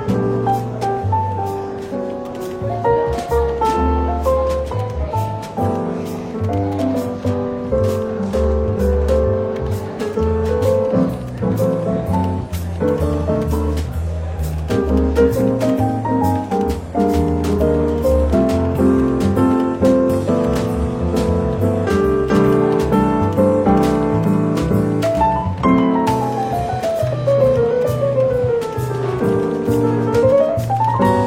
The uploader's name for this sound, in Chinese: 伦敦书店咖啡馆轻微喧闹氛围与柔和轻松的爵士背景音乐